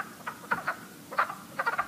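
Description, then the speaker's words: Wood Frog chorus, several short, hoarse, duck-like clucking croaks at irregular intervals. Wood frogs breeding in March in fishless temporary woodland vernal pools; their choruses sound like a room full of arguing ducks. "Listen for choruses of wood frogs in a pool near you."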